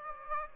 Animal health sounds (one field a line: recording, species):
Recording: mosquito wingbeat signal from an infrared sensor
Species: Aedes aegypti